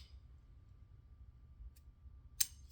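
During a function check of a rifle lower receiver, the trigger is pulled and the hammer in the trigger group falls with a sharp metallic click at 2.4 s, confirming the hammer is released. A faint tick comes at 1.8 s over a quiet background with a steady low hum.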